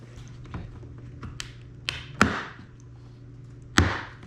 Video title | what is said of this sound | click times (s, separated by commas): MY DEAD FLOODED PORSCHE BOXSTER WILL LIVE ON! GOOD NEWS! | There we go. That was a nice positive click, wasn't it? | 3.8 s